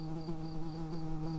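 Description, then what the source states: Early bumblebee buzz, a steady low droning hum with a faint higher pulsing tone, continuous throughout without breaks. Bombus pratorum workers.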